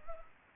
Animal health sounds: mosquito wingbeat signal from an infrared sensor; Culex pipiens

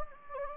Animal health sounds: mosquito wingbeat signal from an infrared sensor; Anopheles gambiae

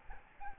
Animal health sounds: mosquito wingbeat signal from an infrared sensor; Aedes albopictus

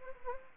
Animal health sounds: mosquito wingbeat signal from an infrared sensor; Anopheles gambiae

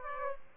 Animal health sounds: mosquito wingbeat signal from an infrared sensor; Aedes aegypti

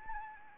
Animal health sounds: mosquito wingbeat signal from an infrared sensor; Anopheles arabiensis

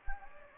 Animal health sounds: mosquito wingbeat signal from an infrared sensor; Anopheles gambiae

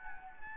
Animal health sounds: mosquito wingbeat signal from an infrared sensor; Anopheles gambiae

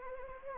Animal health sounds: mosquito wingbeat signal from an infrared sensor; Anopheles gambiae

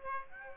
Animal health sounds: mosquito wingbeat signal from an infrared sensor; Aedes aegypti

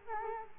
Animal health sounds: mosquito wingbeat signal from an infrared sensor; Culex quinquefasciatus

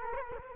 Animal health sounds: mosquito wingbeat signal from an infrared sensor; Culex quinquefasciatus

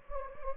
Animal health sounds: mosquito wingbeat signal from an infrared sensor; Anopheles gambiae

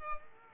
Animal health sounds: mosquito wingbeat signal from an infrared sensor; Culex pipiens

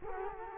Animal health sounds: mosquito wingbeat signal from an infrared sensor; Culex quinquefasciatus

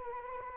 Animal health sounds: mosquito wingbeat signal from an infrared sensor; Anopheles arabiensis

